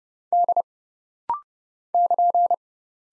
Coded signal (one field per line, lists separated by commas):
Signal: Morse code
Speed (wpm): 30 wpm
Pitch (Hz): 700 Hz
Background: none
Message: D <KN>